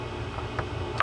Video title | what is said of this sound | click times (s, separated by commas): Daiwa for Sears Ted Williams 450 spin fishing reel how to take apart and service | There we go. We're set in there now. That's locked tight now. | 1.0 s